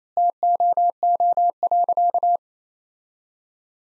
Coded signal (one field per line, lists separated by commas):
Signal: Morse code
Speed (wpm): 28 wpm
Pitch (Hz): 700 Hz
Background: none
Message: TOO.